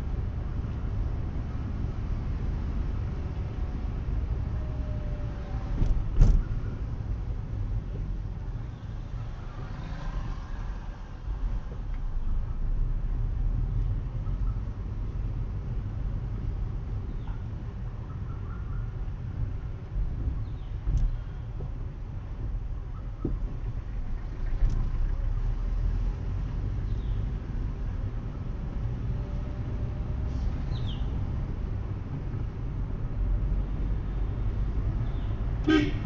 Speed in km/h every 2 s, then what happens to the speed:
27, 26, 22, 17, 7, 8, 15, 19, 17, 13, 11, 8, 20, 23, 25, 25, 29, 31.
0-8 slows to 7. 10-13 speeds up to 19. 13-22 slows to 8. 22-36 speeds up to 31.